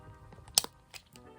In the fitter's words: 딸깍 소리 났죠 딸깍 소리가 날 때까지이 잠가야 돼요 잠가 주시고